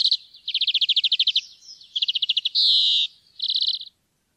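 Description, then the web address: European greenfinch producing quick bright trills, then a long, harsh, drawn-out wheeze, followed by another short trill. "fuglelyder- groennfink"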